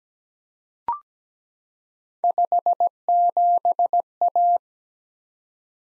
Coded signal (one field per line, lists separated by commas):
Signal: Morse code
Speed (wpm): 17 wpm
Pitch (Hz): 700 Hz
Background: none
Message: 57A